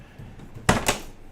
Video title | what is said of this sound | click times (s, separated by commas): Live Stream Work Along Class Box Making and Gift Tag Class --Make 8 NICE Gifts | and it self stows the scoring tool it pops right into this little place right here | 0.7 s